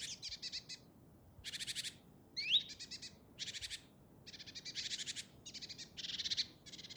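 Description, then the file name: Great tit scolding with rough, buzzy chatter in repeated bursts, broken once by a brief rising whistled note. "Parus major"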